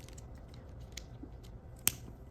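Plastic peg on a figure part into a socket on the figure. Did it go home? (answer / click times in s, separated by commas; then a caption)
yes / 1.9 s. A plastic part of a Transformers Studio Series Elita-1 transforming figure is brought over and its peg is pressed into a socket on the figure. Faint handling clicks lead up to a single sharp click at 1.9 s as the peg snaps into place. The part is seated.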